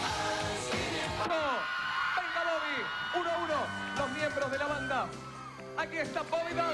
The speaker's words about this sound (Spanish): Los gritos de las minas de fondo.